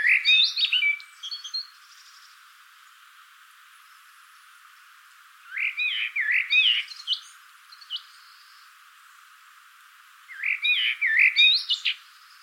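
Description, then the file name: Common blackbird song: three mellow warbling fluty phrases, each ending in a thin high twitter, repeated roughly every five seconds with quiet pauses between. "Turdus merula"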